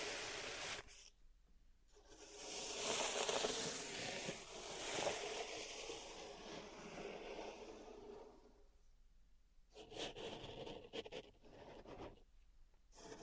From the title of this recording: Pink Salt Zen Garden Triggers